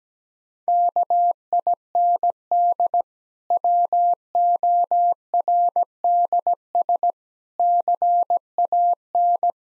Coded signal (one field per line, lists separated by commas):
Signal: Morse code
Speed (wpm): 17 wpm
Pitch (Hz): 700 Hz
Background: none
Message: KIND WORDS CAN